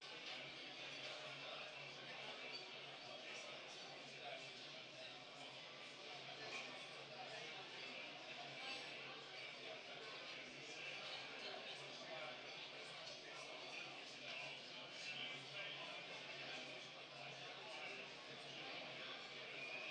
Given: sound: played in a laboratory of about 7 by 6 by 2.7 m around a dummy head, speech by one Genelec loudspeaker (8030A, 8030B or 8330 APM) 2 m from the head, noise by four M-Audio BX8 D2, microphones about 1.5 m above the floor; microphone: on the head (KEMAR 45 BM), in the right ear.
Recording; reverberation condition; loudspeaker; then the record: cafeteria noise; medium; four, about 170 cm from the corners of the room and facing them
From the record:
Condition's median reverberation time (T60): about 510 ms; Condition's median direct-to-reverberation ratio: about -0.5 dB